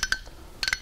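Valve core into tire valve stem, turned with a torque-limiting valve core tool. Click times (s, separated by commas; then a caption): 0.0 s, 0.1 s, 0.6 s, 0.7 s. A torque-limiting valve core tool turns a valve core into a tire valve stem until the tool slips at its torque limit, meaning the core is tightened all the way. Short, bright clicks are heard at about 0.0, 0.1, 0.6, 0.7 and 0.7 seconds, with quiet between the two groups.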